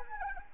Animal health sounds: mosquito wingbeat signal from an infrared sensor; Anopheles arabiensis

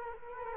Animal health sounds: mosquito wingbeat signal from an infrared sensor; Culex quinquefasciatus

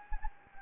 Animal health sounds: mosquito wingbeat signal from an infrared sensor; Anopheles gambiae

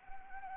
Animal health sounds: mosquito wingbeat signal from an infrared sensor; Anopheles arabiensis

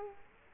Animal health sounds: mosquito wingbeat signal from an infrared sensor; Culex quinquefasciatus

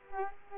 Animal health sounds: mosquito wingbeat signal from an infrared sensor; Culex quinquefasciatus

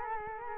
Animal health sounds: mosquito wingbeat signal from an infrared sensor; Culex quinquefasciatus

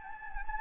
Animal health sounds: mosquito wingbeat signal from an infrared sensor; Anopheles gambiae

